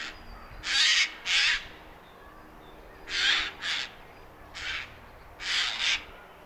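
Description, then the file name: Eurasian jay giving coarse, grating screams, mostly in pairs, with short silences between them. "Garrulus glandarius"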